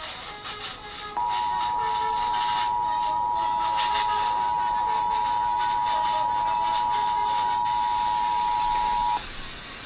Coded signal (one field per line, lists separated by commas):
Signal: Emergency Alert System (SAME) tones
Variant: 853 and 960 Hz attention tone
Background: music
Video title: National EAS Test in PA